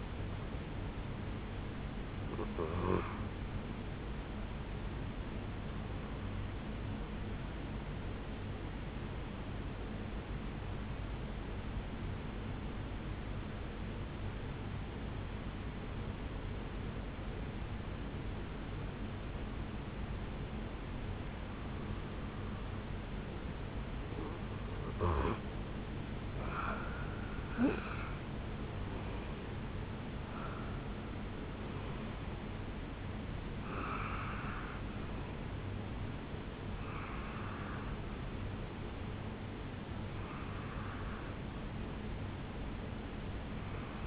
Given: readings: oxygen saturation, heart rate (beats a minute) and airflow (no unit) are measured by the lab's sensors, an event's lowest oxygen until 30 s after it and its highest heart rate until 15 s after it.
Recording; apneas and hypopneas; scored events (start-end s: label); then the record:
breathing in sleep by a voice recorder at the bedside; 1
5.00-24.50 s: hypopnea (N1, oxygen 95% highest, then 88% lowest, heart rate 66 at the start, 80 highest)
From the record:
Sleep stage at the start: N1 (lightest sleep); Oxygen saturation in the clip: 90 to 95%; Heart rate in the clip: 50 to 80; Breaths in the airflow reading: 8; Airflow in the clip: -10.3 to 7.8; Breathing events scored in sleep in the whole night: 449 in 7.0 hours asleep